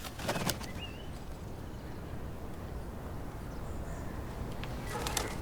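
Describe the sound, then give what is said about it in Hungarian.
A pigeon's wings clatter in quick flapping bursts at the start and again near the end as it takes off in a film scene, over a steady low rumbling background with no voices. “meg volt ez a galambos jelenet. Fölszáll a mennyországba, és ott örökre megpihen.”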